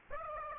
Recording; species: mosquito wingbeat signal from an infrared sensor; Aedes aegypti